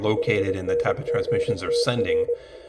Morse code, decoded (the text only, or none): HNGTR